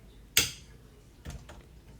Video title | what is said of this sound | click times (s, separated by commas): How to Disassemble a Sig MCX Spear | until you hear it click into place | 0.4 s